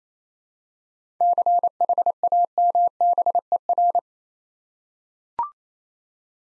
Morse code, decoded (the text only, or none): CHAMBER